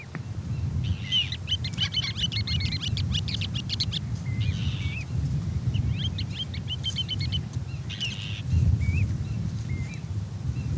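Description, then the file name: Ruddy turnstone chatter: fast stuttering trills and clipped whistled notes in irregular bursts, against a constant low roar. "Voltapietre"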